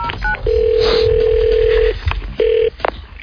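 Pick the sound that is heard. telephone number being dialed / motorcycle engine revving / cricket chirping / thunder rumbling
telephone number being dialed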